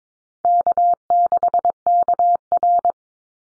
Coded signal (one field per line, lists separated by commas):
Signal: Morse code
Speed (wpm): 22 wpm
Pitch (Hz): 700 Hz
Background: none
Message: K6KR